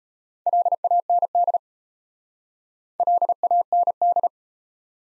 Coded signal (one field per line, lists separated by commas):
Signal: Morse code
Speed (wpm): 35 wpm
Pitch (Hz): 700 Hz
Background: none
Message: LAND LAND